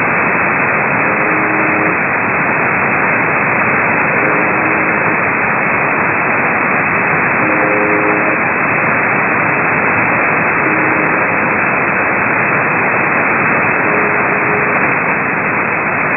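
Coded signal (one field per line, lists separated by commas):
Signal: channel marker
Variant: UVB-76 (The Buzzer)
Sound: faint short low buzzes about every three seconds, five in all, under loud hiss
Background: heavy radio static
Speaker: so the buzzer for your enjoyment on 465 khz upper side band I'm using the ml30 loop antenna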